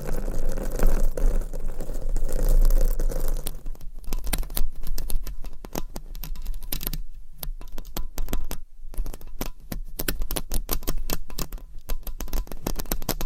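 Microphone scratching: dense, irregular scraping and crackling clicks throughout, with a low steady rumble, brief quiet gaps near seven and nine seconds.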